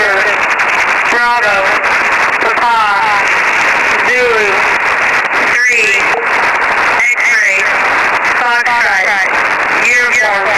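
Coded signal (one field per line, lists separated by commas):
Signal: coded military voice message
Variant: Emergency Action Message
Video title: 13200 USB - EAS - Emergency Action Message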